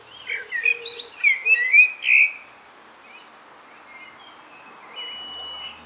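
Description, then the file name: Common blackbird phrase of fluty whistles and high twitters in the first two seconds, with a few low hooting notes beneath, then fainter birdsong afterward. "Turdus merula"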